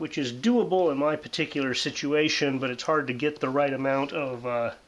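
A plastic paw-shaped puck from a GOVIICTRICH fitted sheet keeper system is being handled beside the mattress by the footboard, to be pressed over the fitted sheet onto a plastic corner bracket under the mattress. Someone talks throughout, and no distinct impact is heard. Nothing has seated or clicked yet.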